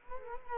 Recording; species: mosquito wingbeat signal from an infrared sensor; Culex quinquefasciatus